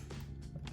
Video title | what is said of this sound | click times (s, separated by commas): Dell Inspiron 5559 ram and SSD upgrade #dell_inspiron #delllaptopupgrade | until you hear it click in like that same goes to the other side | 0.7 s